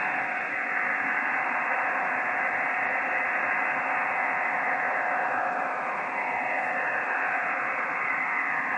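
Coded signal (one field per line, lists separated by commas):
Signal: digital SSTV (DRM)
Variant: EasyPal (DRM)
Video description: Using EasyPal to decode digital Slow Scan TV on 14.233MHz.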